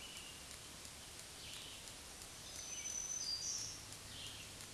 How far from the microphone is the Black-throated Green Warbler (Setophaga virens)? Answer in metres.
about 35 m